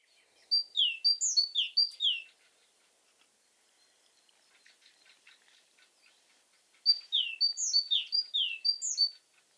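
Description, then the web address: Great tit giving two bursts of repeated high and low whistled note pairs, separated by a pause of several seconds. "Aktivitetsbanken. Fuglelyder Kjøttmeis"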